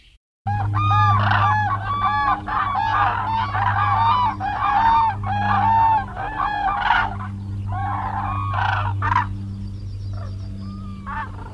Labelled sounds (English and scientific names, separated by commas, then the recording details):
Common Crane (Grus grus) call
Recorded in the wild
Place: Trent, Insel Rügen, Mecklenburg-Vorpommern, DE
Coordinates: 54.495, 13.302
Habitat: Forest
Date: 1977-03-27
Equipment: Nagra III BH, Sennheiser MD 21, parabola
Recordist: Schubert, Michael
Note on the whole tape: Kraniche in Gruppen auf den Feldern, leise, tiefe, rollende Rufe